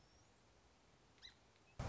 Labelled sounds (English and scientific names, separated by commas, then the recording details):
Song Sparrow (Melospiza melodia)
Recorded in Sonoma County, California